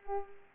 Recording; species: mosquito wingbeat signal from an infrared sensor; Culex pipiens